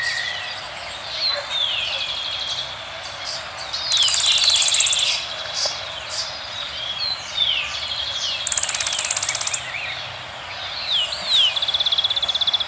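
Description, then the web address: Rusty flowerpiercer's short, very high twittering trill, given twice amid a busy chorus of other birds' whistles and chirps. Recorded in Ecuador, South America. "Natures Songs S America Birds of Ecuador. Rusty Flowerpiercer"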